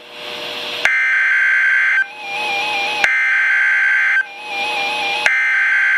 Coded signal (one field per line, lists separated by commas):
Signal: Emergency Alert System (SAME) tones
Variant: header bursts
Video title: Special Marine Warning #4 - 04/12/14 (EAS #636)